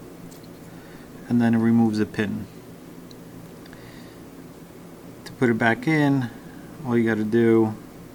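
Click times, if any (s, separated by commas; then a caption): none. While rewiring a steering wheel harness, the secondary terminal lock of a wiring harness connector is handled beside its connector housing, where it will slide forward to lock the terminals so they can't be removed. Someone talks over faint, short handling ticks near 3.1 and 3.7 seconds. Nothing has seated or clicked into place yet.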